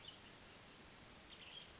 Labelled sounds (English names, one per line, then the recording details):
California Towhee
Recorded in Sonoma County, California